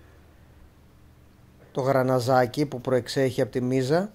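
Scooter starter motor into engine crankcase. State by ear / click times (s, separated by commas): not seated / none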